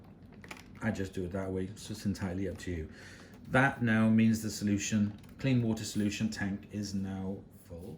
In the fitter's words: and then just, you don't have to do it, you can just do that for the satisfying click, but